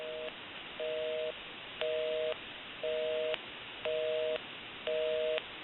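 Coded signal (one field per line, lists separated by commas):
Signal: telephone call progress tone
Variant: North America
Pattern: busy tone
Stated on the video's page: A Kellogg Redbar rotary desk telephone during its initial checkout and repair, converted from intercom use.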